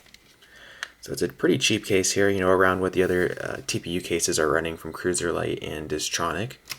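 A Samsung Galaxy S4 smartphone is handled against an Obliq slim-fit soft TPU jelly case with a firmer back, with a few faint ticks near the start and a sharper tick at about 0.8 s while someone talks throughout. The phone has not yet snapped into the case; nothing has seated or clicked yet.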